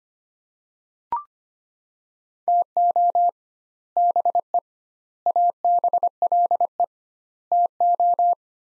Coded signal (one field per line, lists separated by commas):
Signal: Morse code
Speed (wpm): 25 wpm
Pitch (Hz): 700 Hz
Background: none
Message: TO BE ABLE TO